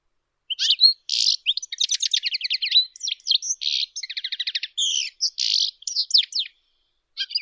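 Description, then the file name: European goldfinch delivering a lively, unbroken string of tinkling notes, fast buzzy trills and nasal chirps for several seconds. "Golosa ptic - CSHegol Carduelis carduelis"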